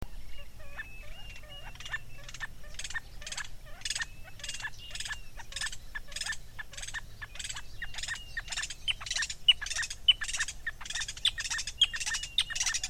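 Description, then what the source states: Usambiro barbet giving a few short whistled notes at the start, then a long series of dry, rattling notes repeated nearly twice a second. African bird.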